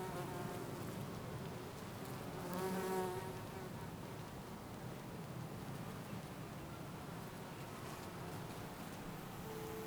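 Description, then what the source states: Bee buzzing, a brief low drone that swells and fades in the first few seconds, then quiet hiss with a faint hum at the end. Bees in a garden on a sunny summer day in Jette, Belgium; recorded with Sony PCM-D100 internal microphones in wide position.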